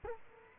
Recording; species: mosquito wingbeat signal from an infrared sensor; Culex quinquefasciatus